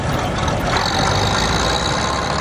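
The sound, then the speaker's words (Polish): A heavy combine harvester engine runs steadily as the head of Rydzyna municipality, Poland, drives it into the field, a dense, continuous mechanical roar with a deep low rumble and broad grinding hiss, holding an even loudness throughout with no voices. “Otóż wójt wyjechał w pole kombajnem.”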